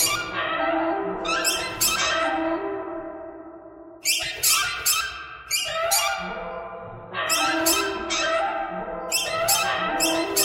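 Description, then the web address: Bird squawks, coarse and layered, in busy bursts with brief quieter dips, mixed with bright crackles. "soundfactory birds birds thread buzz"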